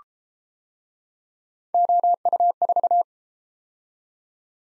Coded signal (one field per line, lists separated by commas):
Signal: Morse code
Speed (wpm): 31 wpm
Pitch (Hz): 700 Hz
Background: none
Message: OU4